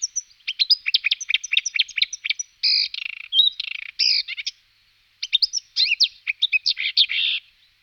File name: Rakosnik zpevny Acrocephalus palustris